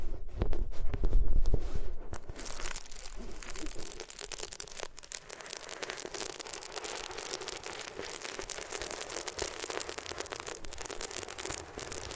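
Ears being rubbed against different materials: dense, crackly scratching and crinkling that fills the whole clip. The first two seconds are louder, with a heavier low rumble, then the rubbing settles into an even, steady rustle with brief dips near five seconds and twelve.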